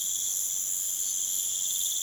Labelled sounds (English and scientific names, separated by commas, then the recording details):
none
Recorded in pastures near Puerto Asís, Putumayo, Colombia, on 30 June 2025 at 01:00
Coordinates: 0.486, -76.323
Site H29